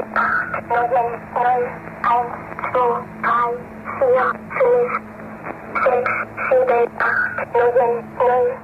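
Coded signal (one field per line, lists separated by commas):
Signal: numbers station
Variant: Swedish Rhapsody (G02)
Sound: high, childlike voice reading short words at an even pace, about 14 words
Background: radio hum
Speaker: But it was the voice that truly sent shivers down the spines. A childlike, almost eerily innocent tone reciting the coded numbers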